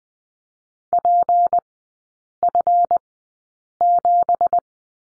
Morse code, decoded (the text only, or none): PF7